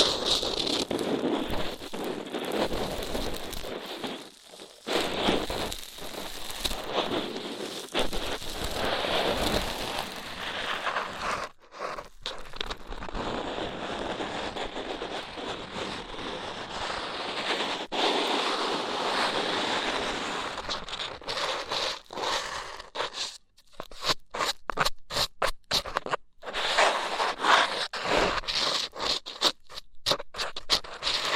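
Rough ear cleaning with dense, crackling scrapes and rustles, mostly continuous but breaking into choppy bursts and short silences after about twenty-three seconds.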